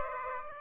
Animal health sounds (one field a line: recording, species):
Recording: mosquito wingbeat signal from an infrared sensor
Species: Aedes aegypti